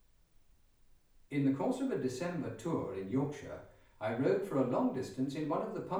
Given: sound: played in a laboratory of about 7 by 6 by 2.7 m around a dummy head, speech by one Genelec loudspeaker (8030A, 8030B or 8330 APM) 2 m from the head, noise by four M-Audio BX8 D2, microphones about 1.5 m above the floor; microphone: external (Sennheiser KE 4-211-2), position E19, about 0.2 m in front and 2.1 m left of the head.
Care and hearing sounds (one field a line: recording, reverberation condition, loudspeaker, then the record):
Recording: male speech in English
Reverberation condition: medium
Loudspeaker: 60 degrees to the right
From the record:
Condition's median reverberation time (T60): about 510 ms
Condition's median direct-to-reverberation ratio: about -0.5 dB